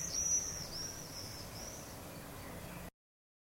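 Swifts screaming, thin high-pitched drawn-out screeches through the first two seconds over a steady background hiss, then sudden silence.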